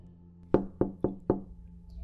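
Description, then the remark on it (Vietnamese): Four firm knocks by a man on a large door made of black wood, evenly spaced in a steady rhythm, each a dull, resonant thud that fades quickly, with no voices. “Sau vài tiếng gõ cửa”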